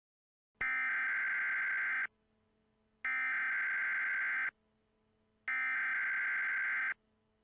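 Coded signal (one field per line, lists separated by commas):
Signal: Emergency Alert System (SAME) tones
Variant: header bursts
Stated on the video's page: Simulated scenario mock with valid EAS tones.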